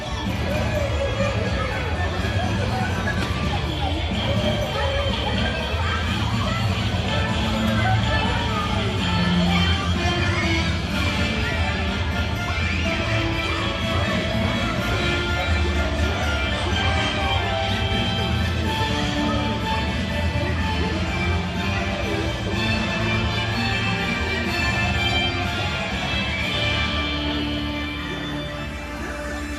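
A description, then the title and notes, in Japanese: A parade is going on, heard as a dense, continuous wash of crowd noise and mixed sounds with no clear breaks. Voices are tangled into the steady din, with low rumbling underneath and busy, bright activity above, holding nearly level throughout and easing slightly at the end. パレードやってる！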